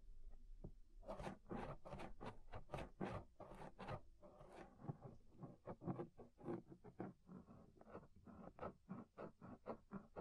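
Ear scraping, heard as a fast run of short, raspy strokes, roughly two to three per second, with no real pause. The scrapes are gritty and fairly bright, each a brief burst. A brief lull comes near four seconds before the rhythm resumes, slightly lighter and quicker.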